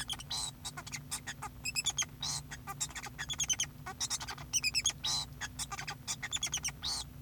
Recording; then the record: song of a male Bengalese finch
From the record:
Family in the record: son of father 2